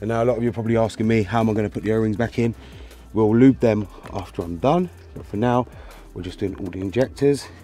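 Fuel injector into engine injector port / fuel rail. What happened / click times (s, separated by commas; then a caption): The injector is being handled but has not seated yet / none. A fuel injector is being pushed into place in its engine injector port on the fuel rail of a BMW S85 / S65 / N52 engine while someone talks throughout. The injector's O-rings are off for now, to be fitted after all the injectors are done. The clip ends just before the injector goes home, so nothing has seated or clicked yet.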